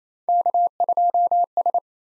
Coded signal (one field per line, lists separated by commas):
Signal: Morse code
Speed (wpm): 29 wpm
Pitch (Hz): 700 Hz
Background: none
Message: K2S